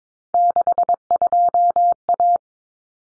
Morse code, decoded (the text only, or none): 62A